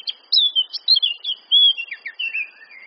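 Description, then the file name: Eurasian blackcap song: a rich phrase of clear fluting whistles, with long slurred notes and quick down-sweeps. "Sylvia atricapilla"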